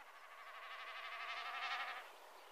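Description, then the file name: Common snipe drumming, a throbbing, quavering bleat that rises in loudness and then cuts off after about two seconds. Recorded on a family cabin trip. "enkeltbekkasin"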